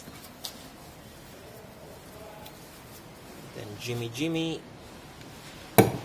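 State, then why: Released. A valve spring compressor is pressed down on the cylinder head of a Toyota 4E engine and the valve spring retainer is tapped, with faint taps near 0.5 s and 2.5 s while someone talks. At 5.8 s the steel valve keepers (locks) break free of the retainer on the valve stem with a sharp pop, and the locks are released.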